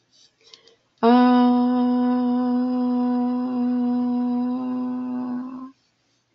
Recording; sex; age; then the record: vowel held as long as possible; female; 40 to 49 years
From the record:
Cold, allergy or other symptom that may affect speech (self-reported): no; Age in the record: 40 years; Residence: Colorado, United States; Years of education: 14